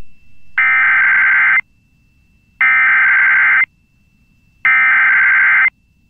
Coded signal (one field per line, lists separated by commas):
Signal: Emergency Alert System (SAME) tones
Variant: header bursts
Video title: EAS Tornado Emergency and Tornado Warning Compilation for Tornado Outbreak of Mar 31-Apr 1 3-31-2023